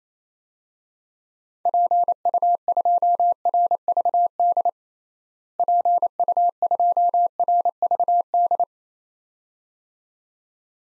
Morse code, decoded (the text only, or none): PU2RVD PU2RVD